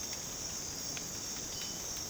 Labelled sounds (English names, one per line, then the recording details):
none
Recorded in dense forest near Puerto Asís, Putumayo, Colombia, on 12 March 2025 at 04:00
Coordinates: 0.486, -76.317
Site G053